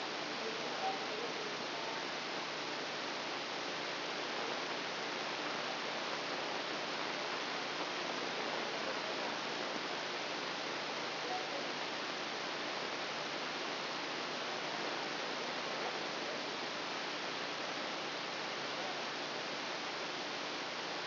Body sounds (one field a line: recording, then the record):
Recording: brain microelectrode recording played as sound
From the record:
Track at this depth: inside the subthalamic nucleus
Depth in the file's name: 2.51 mm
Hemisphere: left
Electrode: 2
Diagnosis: Parkinson's disease